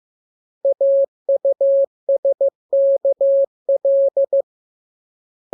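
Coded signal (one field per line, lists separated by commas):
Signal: Morse code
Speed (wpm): 15 wpm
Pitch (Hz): 550 Hz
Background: none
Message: AUSKL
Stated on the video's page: Morse lesson 13 with letters KMURESNAPTLWI; each radiogram opens with VVV and a section sign, and ends with AR.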